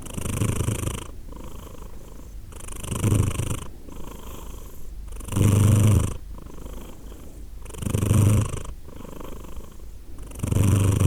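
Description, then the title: Cat purring steadily, a deep rumble that swells with each breath about every two and a half seconds, alternating louder and softer phases. Cat named Edith purring, recorded in Glasgow, Scotland, in December 2023. "Edith purring, Glasgow, Scotland in December 2023 – by Steve Urquhart"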